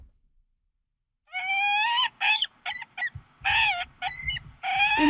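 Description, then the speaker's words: Peregrine Falcon calling: after a brief silence, a series of several harsh, harmonic cries. Played back on CBC Saskatchewan radio; a presenter found the call less fierce than expected. "You want to hear what a peregrine falcon sounds like?"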